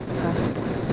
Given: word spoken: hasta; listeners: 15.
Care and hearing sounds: one Spanish word in noise, from a listening test; noise modulated by three-talker babble; -6.8 dB; 0 of 15; 7 of 15; 0.53 s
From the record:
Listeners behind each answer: 7, 5, 3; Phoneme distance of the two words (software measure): 7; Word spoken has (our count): 2 syllables, 4 phonemes, stress on syllable 1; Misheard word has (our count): 2 syllables, 5 phonemes, stress on syllable 1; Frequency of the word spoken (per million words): 1330.21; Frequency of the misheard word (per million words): 19.85

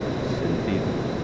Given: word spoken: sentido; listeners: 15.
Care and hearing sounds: one Spanish word in noise, from a listening test; speech-shaped noise; -5.7 dB; 2 of 15; 12 of 15; 0.84 s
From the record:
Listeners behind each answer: 12, 2, 1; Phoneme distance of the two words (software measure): 17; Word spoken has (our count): 3 syllables, 7 phonemes, stress on syllable 2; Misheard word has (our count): 2 syllables, 6 phonemes, stress on syllable 2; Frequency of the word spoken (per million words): 311.74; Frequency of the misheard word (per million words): 56.25

